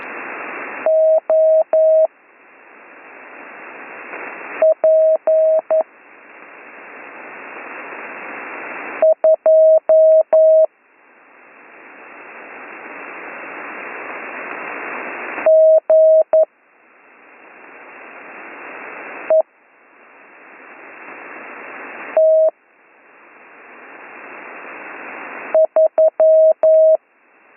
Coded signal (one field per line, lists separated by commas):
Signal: Morse code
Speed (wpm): 11 wpm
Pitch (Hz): 640 Hz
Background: none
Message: O P 2 G E T 3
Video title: Slow Morse Code Course - Week 7 - Learn Morse Code